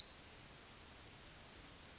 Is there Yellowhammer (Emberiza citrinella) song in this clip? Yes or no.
no